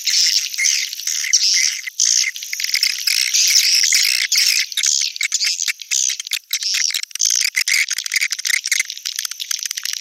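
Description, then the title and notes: Swiftlet chattering, continuous high buzzy twitters and fast clicks with brief dips in loudness. Swiftlet sound used in swiftlet farming, Asia. "Swiflet Bird Sound. Farming Swiflet Bird asia sound"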